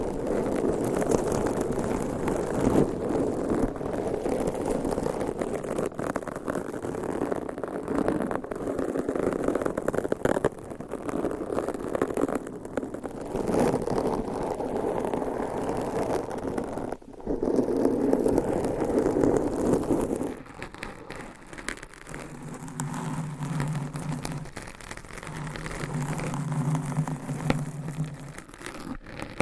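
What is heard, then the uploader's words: Close, dense scratching of nails over a microphone fills the first twenty seconds, a continuous rough rasp with frequent sharp clicks and strokes. Around twenty seconds it drops quieter and thinner, and a low humming tone swells in two stretches near the end. ASMR Mic Scratching - Brain Scratching with 7 Mics Asmr No Talking for Sleep with Long Nails.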